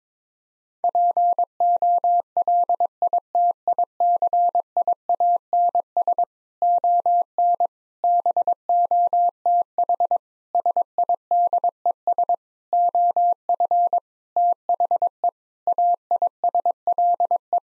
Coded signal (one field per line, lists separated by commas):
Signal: Morse code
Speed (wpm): 22 wpm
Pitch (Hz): 700 Hz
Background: none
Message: POLITICIANS ON BOTH SIDES OF THE AISLE